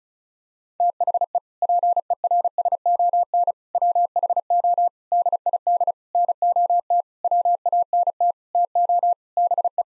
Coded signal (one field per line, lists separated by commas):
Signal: Morse code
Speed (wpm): 36 wpm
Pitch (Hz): 700 Hz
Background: none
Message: THE PERSON WHO DID NOT WANT TO BE